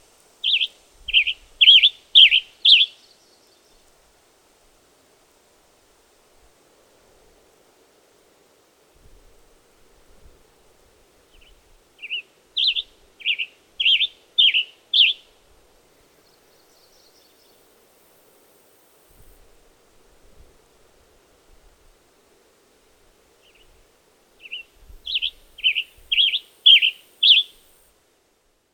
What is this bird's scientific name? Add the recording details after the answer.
Piranga ludoviciana. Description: Western Tanager song recorded on the Bridal Veil Falls Trail in Rocky Mountain National Park. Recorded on 22 June 2015